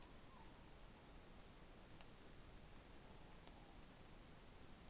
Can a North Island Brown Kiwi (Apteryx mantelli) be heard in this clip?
no